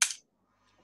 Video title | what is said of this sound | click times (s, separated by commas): Thriveabetes Interview with Cayden & Pam | And then I'm going to hold it closer so you can actually hear the click, because it was the click that was, you | 0.0 s